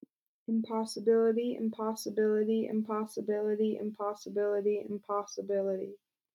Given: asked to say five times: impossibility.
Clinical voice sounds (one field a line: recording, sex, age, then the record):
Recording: repeated word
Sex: female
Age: 20 to 29 years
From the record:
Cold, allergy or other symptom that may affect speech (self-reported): no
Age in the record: 20 years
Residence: Utah, United States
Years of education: 13